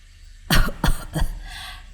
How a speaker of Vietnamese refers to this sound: Ông hắng giọng ho lên mấy tiếng rồi nói với hai người bên cạnh.